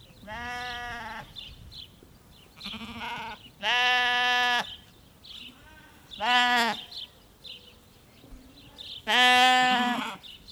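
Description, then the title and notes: Sheep giving loud, drawn-out bleats, five main calls at uneven intervals, with sparrows chirping faintly in the background. Small group of sheep standing close together bleating in the backyard of a small farmstead in Marnach; lively sparrows in a nearby tree bush. "marnach, farmstead with sheeps. On the backyard of a small farmstead. A small group of sheeps standing close together blaaing plus the sound of the vivid sparrows from a tree bush nearby"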